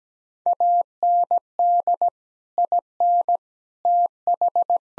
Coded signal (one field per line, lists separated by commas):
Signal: Morse code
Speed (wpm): 17 wpm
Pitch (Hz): 700 Hz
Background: none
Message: AND IN TH